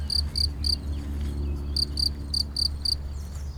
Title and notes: Chindrieux, France - grillon seul. Les premiers grillons commencent à se manifester depuis quelques jours, d'une manière discontinue